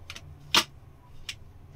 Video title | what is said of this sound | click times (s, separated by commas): Unboxing 2N1 Handheld Garment Steamer. | ipe-press lang natin papataas guys so Hayan naka-lock na siya guys so Ayan na | 0.5 s